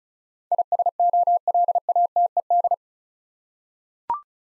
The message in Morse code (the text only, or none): ISOLATED